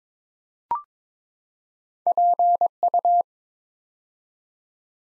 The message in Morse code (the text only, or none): PU